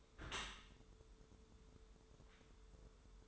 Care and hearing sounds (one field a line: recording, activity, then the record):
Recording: daily activity, microphone in the room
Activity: close dishwasher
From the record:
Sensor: 3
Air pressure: 1015.0 hPa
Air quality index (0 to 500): 37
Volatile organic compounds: 1 ppm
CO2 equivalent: 576 ppm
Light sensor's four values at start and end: 12/27/11/11 and 12/26/11/11